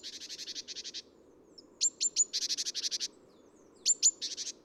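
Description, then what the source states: Great Tit calls: dry rasping churring rattles in rapid pulsed bursts, mixed with sharp high ticking notes in short clusters. Recorded at Neudarss on 3 February 2013.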